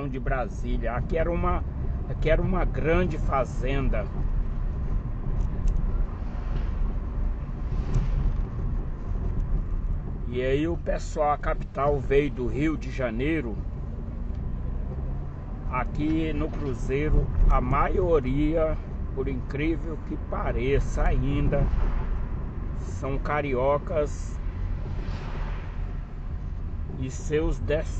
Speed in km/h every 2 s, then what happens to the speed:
30, 33, 34, 34, 24, 15, 23, 32, 31, 34, 35, 29, 23, 26.
0-6 steady at about 33. 6-9 brakes to 15. 10-14 speeds up to 32. 14-20 steady at about 32. 20-24 slows to 23.